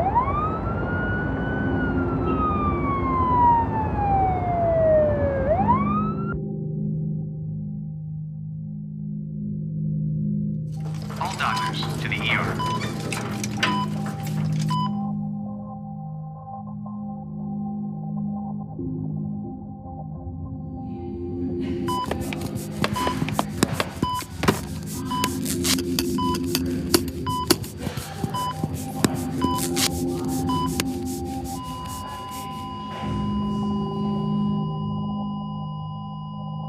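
A designed wildfire scene opens with a falling, siren-like wail over a deep, steady roar that runs the whole way through. Dense crackling and snapping flare up briefly around the eleventh second, then return stronger and sharper for a long stretch after twenty seconds, with faint sustained tones underneath.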